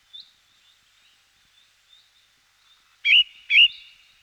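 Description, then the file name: Ring ouzel song: soft scattered twittering notes, then two loud, harsh, ringing notes about half a second apart near the end. Song; 2004. "roche 2004 ringdrossel"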